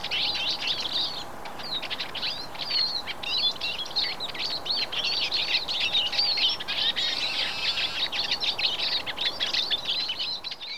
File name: siskins